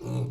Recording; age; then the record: pig call; weaner (32 to 43 days)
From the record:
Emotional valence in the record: negative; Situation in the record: long isolation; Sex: female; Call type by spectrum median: low-frequency call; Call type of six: low-frequency stable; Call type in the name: low-frequency stable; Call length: 0.30 s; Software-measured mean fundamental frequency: 61 Hz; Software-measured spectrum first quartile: 125 Hz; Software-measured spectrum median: 191 Hz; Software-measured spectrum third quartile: 484 Hz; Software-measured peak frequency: 127 Hz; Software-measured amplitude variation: 104 dB a second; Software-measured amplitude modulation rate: 29.5 a second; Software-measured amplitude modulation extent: 3.5 dB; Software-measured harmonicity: -2.7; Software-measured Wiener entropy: -0.62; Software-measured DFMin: 1443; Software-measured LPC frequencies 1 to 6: 2521, 3872, 6596, 7760, 9006, 10280 Hz